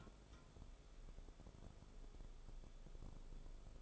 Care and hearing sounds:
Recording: daily activity, microphone in the room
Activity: take from stove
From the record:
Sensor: 5

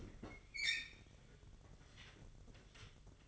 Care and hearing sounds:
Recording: daily activity, microphone in the room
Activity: open fridge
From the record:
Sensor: 4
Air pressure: 1008.6 hPa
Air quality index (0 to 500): 77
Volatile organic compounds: 1 ppm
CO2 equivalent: 638 ppm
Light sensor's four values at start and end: 15/34/14/14 and 14/31/13/13

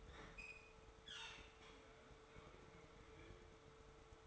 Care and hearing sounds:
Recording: daily activity, microphone in the room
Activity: open fridge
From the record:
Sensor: 3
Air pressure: 1014.9 hPa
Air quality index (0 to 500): 202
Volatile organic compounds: 29 ppm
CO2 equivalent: 2946 ppm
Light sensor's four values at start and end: 37/93/40/42 and 37/93/40/43

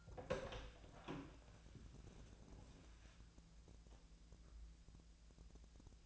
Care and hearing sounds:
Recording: daily activity, microphone in the room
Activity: open door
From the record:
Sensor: 2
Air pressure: 1000.3 hPa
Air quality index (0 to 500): 163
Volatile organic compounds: 3 ppm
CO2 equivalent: 1361 ppm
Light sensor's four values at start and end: 10/24/10/11 and 10/24/10/11

